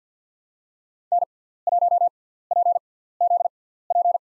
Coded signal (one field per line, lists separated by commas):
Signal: Morse code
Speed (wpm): 50 wpm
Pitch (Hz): 700 Hz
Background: none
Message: N1PZP